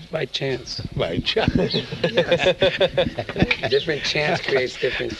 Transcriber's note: laughter